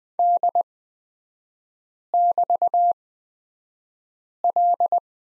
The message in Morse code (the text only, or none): D<BT>L